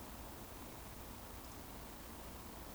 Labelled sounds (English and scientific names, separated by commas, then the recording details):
Eurasian Woodcock (Scolopax rusticola) whistle
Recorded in Baden-Württemberg, Germany, on 24 June 2020 at 19:23 UTC
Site 14569, 102 m above sea level